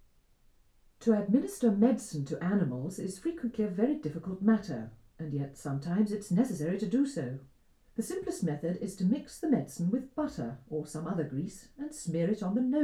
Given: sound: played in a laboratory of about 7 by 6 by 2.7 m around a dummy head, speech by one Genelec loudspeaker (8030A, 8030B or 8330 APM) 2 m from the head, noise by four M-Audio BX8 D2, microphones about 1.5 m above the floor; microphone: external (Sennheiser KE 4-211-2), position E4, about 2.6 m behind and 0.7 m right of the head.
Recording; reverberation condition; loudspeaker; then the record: female speech in English; low; behind (180 degrees)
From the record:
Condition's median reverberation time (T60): about 310 ms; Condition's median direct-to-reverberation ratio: about 3.5 dB